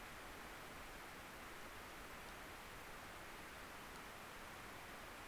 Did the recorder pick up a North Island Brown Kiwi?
no